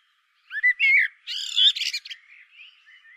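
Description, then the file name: Common blackbird singing a mellow whistled warble that breaks into a thin, squeaky twittering flourish, followed by soft trailing notes. "Turdus merula"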